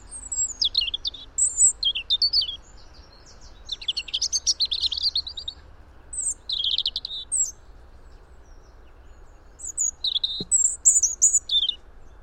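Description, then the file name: European robin song, high sweet phrases of trills and fluttering notes, some up to very high pitch, delivered in bursts with brief pauses throughout, with a soft steady background rumble. "Erithacus rubecula"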